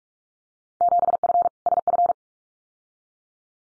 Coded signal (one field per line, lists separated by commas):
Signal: Morse code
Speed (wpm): 44 wpm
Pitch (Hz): 700 Hz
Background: none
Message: 7F SF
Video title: Field Day Exchange Encore 45wpm